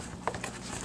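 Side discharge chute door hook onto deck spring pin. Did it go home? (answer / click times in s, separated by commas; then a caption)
no / none. On a Husqvarna HU725AWDBBC 22" AWD lawn mower, the side-discharge chute door's hook is pressed toward the pin that holds the door spring on the mower deck. Quiet handling noise over a low steady hum is heard, with a brief knock near 0.3 seconds and a lighter one near 0.4 seconds. Nothing has seated or clicked yet.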